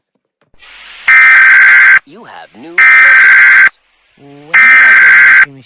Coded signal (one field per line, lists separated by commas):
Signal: Emergency Alert System (SAME) tones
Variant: header bursts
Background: speech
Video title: EAS Mock - Infectious Laboratory Fire